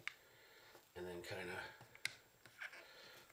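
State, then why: Seated. A replacement air button and bellow assembly for a hot tub jet's pneumatic on/off switch is pushed all around its edge into the tub wall fitting while someone talks. A single loud, sharp click at 2.0 s marks the assembly snapping into place, fully seated.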